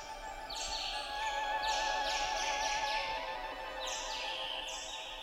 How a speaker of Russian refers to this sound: Наступила, наконец, весна. Лес снова ожил. зазвенел птичьими голосами, наполнился благоуханием цветов и трав.